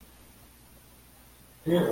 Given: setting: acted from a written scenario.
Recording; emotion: vocal sound without words; serenity